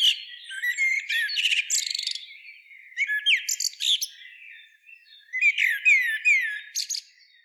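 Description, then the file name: Common blackbird singing, warbled sliding notes mixed with thin high squeaky twitters, in three bursts separated by short pauses. "Turdus merula"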